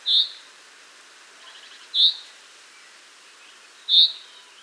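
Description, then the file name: Common chaffinch calls: short, bright, high single notes repeated about every two seconds, three in all, over a faint hiss. "Fringilla coelebs"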